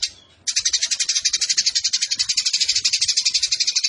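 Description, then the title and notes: Eurasian tree sparrow bursting into a quick, rattling run of high, harsh pulses after a moment of quiet. Indonesian burung gereja; fighting (tarung) sparrow giving long 'nembak' bursts with a clear voice, used as a master recording for training competition birds. "GEREJA TARUNG NEMBAK PANJANG SUARA JERNIH MASTERAN WAJIB BURUNG LOMBA. Burung Gereja"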